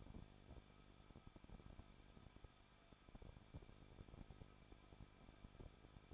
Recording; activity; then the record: daily activity, microphone in the room; no activity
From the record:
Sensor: 5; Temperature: 20.9 degrees Celsius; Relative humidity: 38.2%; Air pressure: 1006.5 hPa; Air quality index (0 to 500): 186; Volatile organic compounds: 18 ppm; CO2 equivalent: 2602 ppm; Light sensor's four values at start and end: 2/3/1/1 and 2/3/1/1